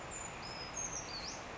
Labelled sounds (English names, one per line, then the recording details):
Brown Creeper
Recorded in Sonoma County, California